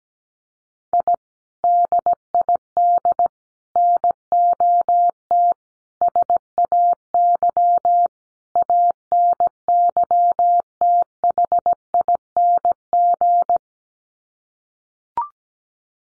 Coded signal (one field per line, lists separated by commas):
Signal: Morse code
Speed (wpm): 17 wpm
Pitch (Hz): 700 Hz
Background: none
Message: I DID NOT SAY ANYTHING